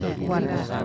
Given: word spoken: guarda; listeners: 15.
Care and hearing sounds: one Spanish word in noise, from a listening test; eight-talker babble; -2.1 dB; 0 of 15; 8 of 15; 0.45 s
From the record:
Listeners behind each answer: 8, 2, 1, 1, 1, 1, 1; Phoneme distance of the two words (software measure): 17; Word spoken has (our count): 2 syllables, 6 phonemes, stress on syllable 1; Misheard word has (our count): 2 syllables, 5 phonemes, stress on syllable 1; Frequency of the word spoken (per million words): 24.73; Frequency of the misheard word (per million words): 0.62

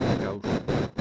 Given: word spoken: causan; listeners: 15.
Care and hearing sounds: one Spanish word in noise, from a listening test; noise modulated by one talker; -9.3 dB; 0 of 15; 8 of 15; 0.61 s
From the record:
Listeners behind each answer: 8, 2, 1, 1, 1, 1, 1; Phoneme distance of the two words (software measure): 7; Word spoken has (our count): 2 syllables, 6 phonemes, stress on syllable 1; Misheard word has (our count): 2 syllables, 5 phonemes, stress on syllable 1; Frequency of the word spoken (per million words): 6.22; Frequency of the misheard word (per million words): 152.61

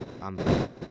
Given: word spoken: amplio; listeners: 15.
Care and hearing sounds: one Spanish word in noise, from a listening test; noise modulated by one talker; -12.7 dB; 0 of 15; 9 of 15; 0.51 s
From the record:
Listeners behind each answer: 9, 2, 1, 1, 1, 1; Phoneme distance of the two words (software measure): 37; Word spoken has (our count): 2 syllables, 6 phonemes, stress on syllable 1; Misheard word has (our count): 2 syllables, 5 phonemes, stress on syllable 1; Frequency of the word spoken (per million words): 51.39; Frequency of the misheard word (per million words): 47.24

